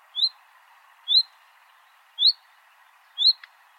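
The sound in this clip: Common nightingale: four upslurred whistles at a steady pace of about one per second, each brief and sharp, with a faint click near the end.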